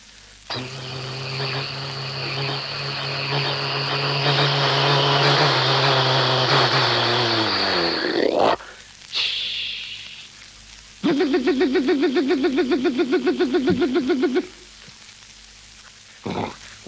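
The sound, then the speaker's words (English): A London Underground train rumbles and whines loudly, its tone sliding downward as it brakes to a halt, followed by a short hiss and a rapid run of repeated beeping warning tones. “The London Underground.”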